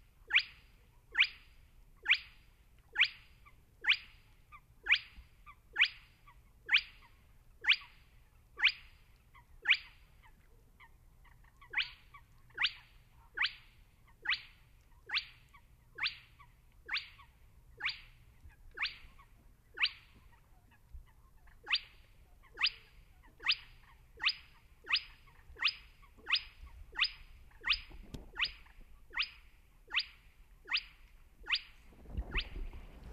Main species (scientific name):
Porzana porzana